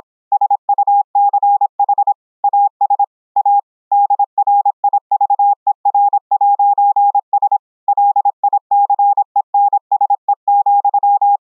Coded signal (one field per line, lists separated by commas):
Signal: Morse code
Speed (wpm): 26 wpm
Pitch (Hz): 810 Hz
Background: none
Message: SUCH AS A DRIVER'S LICENSE,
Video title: Morse Code audio & video QSO over internet between 4 CW OPs using the FREE Discord Voice Chat APP